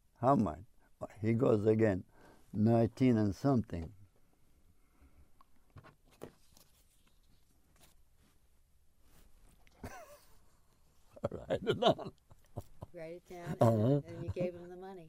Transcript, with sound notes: How much? He goes again, nineteen and something. (he laughs) I write it down.
Write it down and you gave him the money.